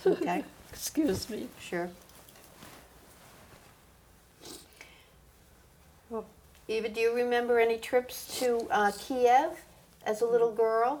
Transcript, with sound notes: Okay.
Excuse me.
Sure. [sniffling sound] Eva, do you remember any trips to Kiev as a little girl?